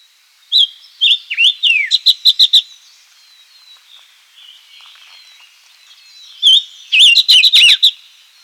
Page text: Silver-Eared Mesia Song. Quick Sounds